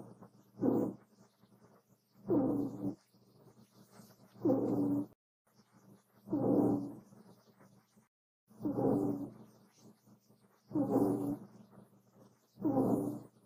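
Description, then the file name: Rabbit snores in a steady cycle, seven raspy, wheezing breaths spaced about every two seconds, with quiet gaps and a low steady hum between them. Soft snoring. "Soft Bunny Rabbit Snoring"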